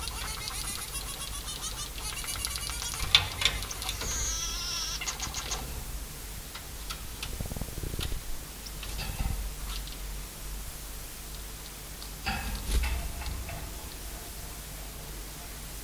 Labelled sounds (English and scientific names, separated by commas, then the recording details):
Scaly-breasted Munia (Lonchura punctulata) call
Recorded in captivity
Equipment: Halbspur 19 cm
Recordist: Lütgens, Hans
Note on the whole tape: Rufe